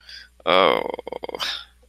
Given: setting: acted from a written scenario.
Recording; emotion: vocal sound without words; embarrassment